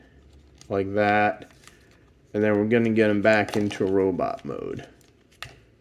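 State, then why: Seated. Someone talks while converting a plastic Transformers Legacy Evolution Trashmaster Voyager action figure back to robot mode, pushing a plastic limb or panel down into the figure's body joint. A sharp, loud click sounds at 5.4 seconds as the part snaps into place.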